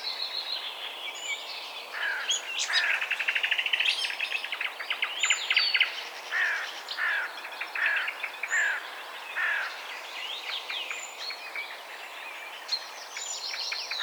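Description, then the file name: Eurasian blackcap warbling song, a long run of quick, chattering and scratchy notes mixed with brief clear whistles. "Sylvia atricapilla"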